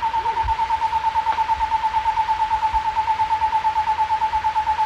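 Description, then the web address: Cloud-forest screech owl singing a long, steady trill of fast, evenly spaced hoots held on a single mid pitch throughout, with very little other sound. Recorded in South America. "Natures Songs S America Cloud-forest Screech-Owl"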